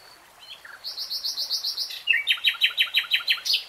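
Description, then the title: Nightingale song, two quick series of repeated notes, the first higher and smoother, the second lower and sharper, each about a second long. Nightingale singing in real time. "[Tiếng chim hót] 3 Hours REALTIME Nightingale Singing"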